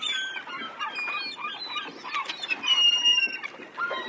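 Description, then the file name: Gull calls from several birds, nasal yelping cries and one long, clear drawn-out wail overlapping in a noisy, continuous flock chorus. "Seagulls"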